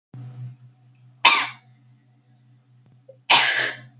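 Two short, explosive coughs from an adult, about two seconds apart.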